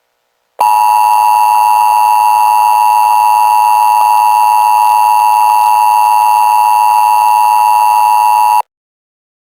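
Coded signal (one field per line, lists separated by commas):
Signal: Emergency Alert System (SAME) tones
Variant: 853 and 960 Hz attention tone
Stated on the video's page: Fictional EAS scenario based on a fan analog-horror concept, not a real alert.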